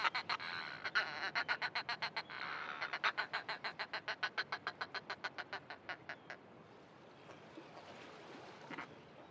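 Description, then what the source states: Northern fulmar cackling: a long, rapid series of harsh pulsed notes lasting about six seconds and gradually fading, followed by quieter background. Pairs calling back and forth from nests at the cliff edge of an uninhabited island in the Inner Hebrides, Scotland; less common here but very vocal; sunny afternoon.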